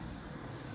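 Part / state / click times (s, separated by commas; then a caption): folding stem latch on an electric scooter frame / not seated / none. A Ninebot F25 prototype electric scooter's metal folding stem is handled after its folding stem latch on the frame has been lifted, as the stem is folded or raised. There is a steady, dense low rumble with broadband noise and no distinct sharp transients. Nothing has seated or clicked yet.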